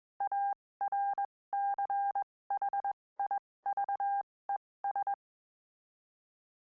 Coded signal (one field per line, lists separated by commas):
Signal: Morse code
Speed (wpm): 21 wpm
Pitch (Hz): 800 Hz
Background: none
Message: ARCHIVES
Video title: 2019 01 11 HAM RADIO NW